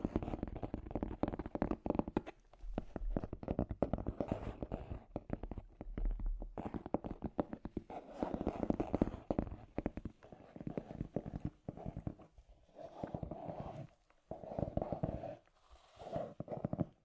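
Scratchy tapping goes on throughout: dense, irregular clicks and scrapes crowd together with a rough, gritty edge. Around 2 to 6 seconds a low hum sits underneath, and after 12 seconds the texture changes to short, bursts of scraping broken by brief pauses.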